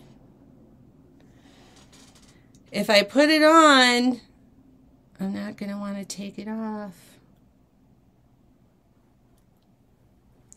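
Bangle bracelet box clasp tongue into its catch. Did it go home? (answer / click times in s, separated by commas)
yes / 10.5 s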